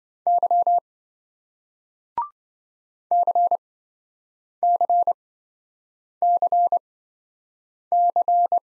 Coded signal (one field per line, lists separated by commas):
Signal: Morse code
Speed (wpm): 28 wpm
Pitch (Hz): 700 Hz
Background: none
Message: Y CCCC